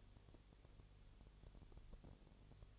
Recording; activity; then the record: daily activity, microphone in the room; no activity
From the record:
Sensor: 4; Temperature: 22.7 degrees Celsius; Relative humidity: 32.0%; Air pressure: 1008.1 hPa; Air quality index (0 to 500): 114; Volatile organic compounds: 2 ppm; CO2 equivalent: 1105 ppm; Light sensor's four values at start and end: 2/3/1/1 and 2/3/1/1